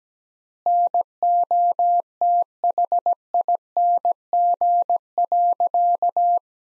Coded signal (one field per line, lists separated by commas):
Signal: Morse code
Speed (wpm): 17 wpm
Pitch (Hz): 700 Hz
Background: none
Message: NOTHING.